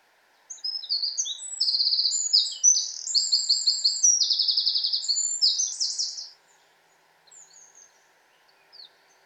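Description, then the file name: Eurasian wren song, a forceful stream of rapid high trills and twitters lasting roughly six seconds, followed by quiet with faint scattered chirps. "Troglodytes troglodytes"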